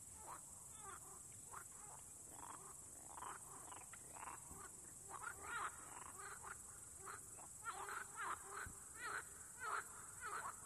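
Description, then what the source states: Frogs calling, many short rasping croaks in quick irregular succession, louder toward the end, over a steady high hiss. Frogs, recorded at Nová Oleška.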